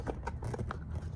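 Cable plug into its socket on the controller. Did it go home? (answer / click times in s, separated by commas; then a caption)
no / none. A cable plug is being pushed back into its plastic socket on the controller. Several short handling taps and scrapes are heard, the sharpest at about 0.7 s. Nothing has seated or clicked yet.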